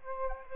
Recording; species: mosquito wingbeat signal from an infrared sensor; Aedes aegypti